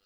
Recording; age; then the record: pig call; piglet (1 to 25 days)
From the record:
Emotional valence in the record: positive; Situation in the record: reunion after long isolation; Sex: female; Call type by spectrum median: high-frequency call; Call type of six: low-frequency tonal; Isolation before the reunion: 8 minutes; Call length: 0.06 s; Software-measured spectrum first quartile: 1366 Hz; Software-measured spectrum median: 3485 Hz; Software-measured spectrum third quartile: 5017 Hz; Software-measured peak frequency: 4201 Hz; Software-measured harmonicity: -0.9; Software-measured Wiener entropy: -0.94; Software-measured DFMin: 793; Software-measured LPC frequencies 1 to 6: 1391, 2828, 4224, 4989, 5708, 6793 Hz